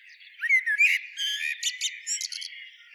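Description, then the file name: Eurasian blackbird: two mellow whistled notes followed by a run of short, high squeaky notes in quick succession. "Turdus merula"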